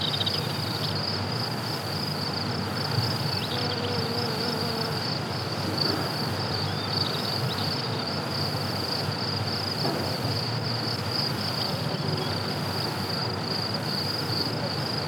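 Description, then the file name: Crickets keep up a constant shrill trill over a steady low background hum. "Crickets and Flies"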